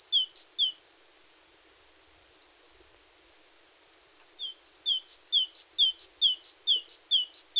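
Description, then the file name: Great tit song of paired high-low whistled notes in two bouts, separated by a pause with a brief, very high rapid trill from another sound. "Parus major"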